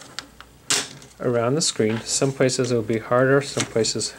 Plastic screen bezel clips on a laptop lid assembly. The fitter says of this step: and listen for snapping sounds this way we go